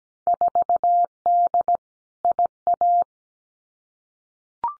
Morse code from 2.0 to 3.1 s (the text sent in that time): IA